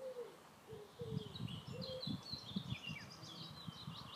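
Bird calls: short low hooting notes and scattered high twittering chirps over a steady low rumbling background noise.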